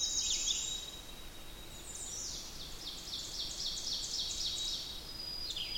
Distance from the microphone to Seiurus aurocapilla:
about 65 m